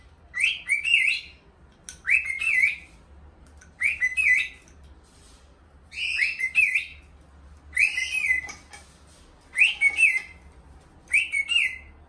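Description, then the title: Cockatiel warbling phrases, buzzy and slurred, repeated roughly every two seconds over a steady low rumble. Hour-long song intended for training a cockatiel. "Canto De 1 Hora Para Treinar Calopsita"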